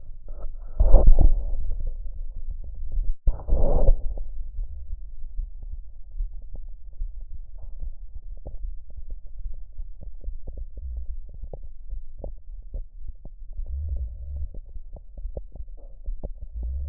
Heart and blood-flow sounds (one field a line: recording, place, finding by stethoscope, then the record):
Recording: heart sounds by stethoscope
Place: tricuspid valve (TV)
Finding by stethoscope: normal heart sounds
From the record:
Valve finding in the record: tricuspid regurgitation, grade 0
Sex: female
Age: 60 years